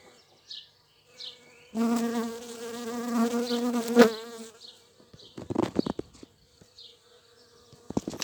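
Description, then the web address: Bee flight buzz, one sustained droning pass of about two seconds with wavering pitch and strong overtones, followed by scattered clicks and taps. Flight sounds of bumblebees and bees in the local area; date code 220507. "Vols Bourdnabeilles 220507-Abeillesducoin"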